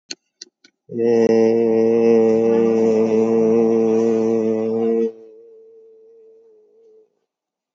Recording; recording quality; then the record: sustained vowel as in made; excellent, no background noise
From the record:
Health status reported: COVID-19 positive, moderate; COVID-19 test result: positive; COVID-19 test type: RT-PCR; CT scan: taken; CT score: 13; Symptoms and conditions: cough, cold, breathing difficulty, sore throat, fatigue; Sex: male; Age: 48 years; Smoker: no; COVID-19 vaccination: none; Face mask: worn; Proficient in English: yes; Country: India